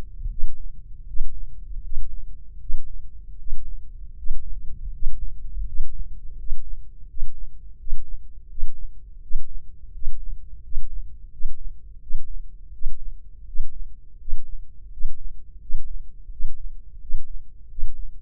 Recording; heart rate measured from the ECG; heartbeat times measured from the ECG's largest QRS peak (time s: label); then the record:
heart sounds by microphone in the left ear; 83 bpm
0.29 s: heartbeat
1.06 s: heartbeat
1.82 s: heartbeat
2.59 s: heartbeat
3.37 s: heartbeat
4.16 s: heartbeat
4.92 s: heartbeat
5.65 s: heartbeat
6.36 s: heartbeat
7.07 s: heartbeat
7.77 s: heartbeat
8.48 s: heartbeat
9.21 s: heartbeat
9.92 s: heartbeat
10.62 s: heartbeat
11.31 s: heartbeat
12.00 s: heartbeat
12.72 s: heartbeat
13.46 s: heartbeat
14.18 s: heartbeat
14.90 s: heartbeat
15.60 s: heartbeat
16.30 s: heartbeat
17.00 s: heartbeat
17.69 s: heartbeat
From the record:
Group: healthy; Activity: Valsalva maneuver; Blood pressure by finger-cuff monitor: 146/105 mmHg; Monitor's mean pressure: 115 mmHg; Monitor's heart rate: 83 bpm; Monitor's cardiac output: 6.5 L/min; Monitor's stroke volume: 78 mL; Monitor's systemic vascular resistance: 1320 dyn s/cm5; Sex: male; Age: 23 years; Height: 179 cm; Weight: 87 kg